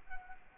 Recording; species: mosquito wingbeat signal from an infrared sensor; Anopheles arabiensis